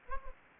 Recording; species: mosquito wingbeat signal from an infrared sensor; Anopheles gambiae